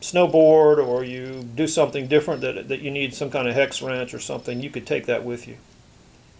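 A screwdriver bit is handled at the bit holder of a Wenger Titanium Line Ueli Steck Special Edition pocket knife, while someone talks throughout. The bit has not yet been pressed home, so nothing has seated or clicked yet. The fit is meant to be a light pressure click, not tight but enough that the bit won't fall out.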